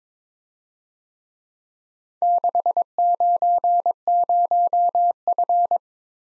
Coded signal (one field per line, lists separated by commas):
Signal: Morse code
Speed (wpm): 22 wpm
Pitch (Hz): 700 Hz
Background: none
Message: 690F